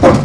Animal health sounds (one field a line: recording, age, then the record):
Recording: pig call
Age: growing-finishing pig (85 days or more)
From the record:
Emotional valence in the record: positive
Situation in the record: run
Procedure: transit